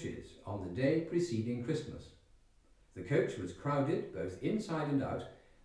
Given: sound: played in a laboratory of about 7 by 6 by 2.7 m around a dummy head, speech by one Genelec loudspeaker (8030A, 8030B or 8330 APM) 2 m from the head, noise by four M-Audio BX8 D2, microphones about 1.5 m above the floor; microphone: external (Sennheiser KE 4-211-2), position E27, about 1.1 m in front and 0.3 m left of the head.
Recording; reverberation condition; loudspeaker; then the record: male speech in English; medium; 150 degrees to the right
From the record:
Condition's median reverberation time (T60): about 510 ms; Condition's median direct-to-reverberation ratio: about -0.5 dB